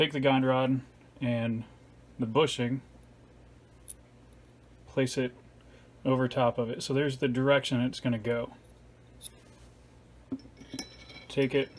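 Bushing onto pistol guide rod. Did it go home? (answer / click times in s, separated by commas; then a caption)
no / none. Someone talks while a metal bushing is placed over the top of the guide rod for a Ruger Security 9 pistol and oriented in the direction it will go before being pushed home. A brief handling clink is heard as the parts touch, but nothing has seated or clicked in place yet.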